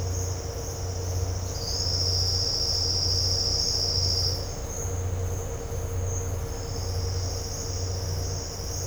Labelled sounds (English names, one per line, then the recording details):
none
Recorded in dense forest near Puerto Asís, Putumayo, Colombia, on 13 March 2025 at 13:00
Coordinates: 0.468, -76.322
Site GP01